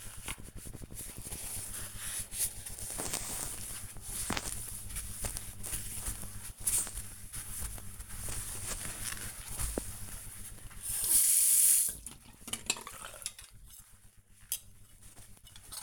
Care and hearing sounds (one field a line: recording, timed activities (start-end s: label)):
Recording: household activities, microphone on the right wrist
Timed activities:
0.00-15.83 s: bathroom cleaning (washbasin)